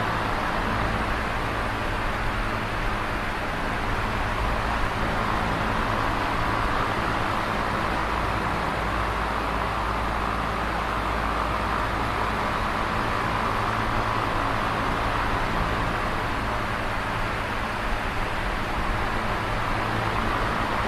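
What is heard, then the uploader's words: An oscillating fan runs steadily, giving off a dense, even whoosh of air that hardly changes in level across the whole recording. A low motor hum sits underneath, with faint steady tones, and no separate events stand out. Sounds of this oscillating fan.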